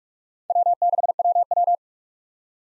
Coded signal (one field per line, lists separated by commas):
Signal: Morse code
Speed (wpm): 46 wpm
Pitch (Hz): 700 Hz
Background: none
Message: W6WW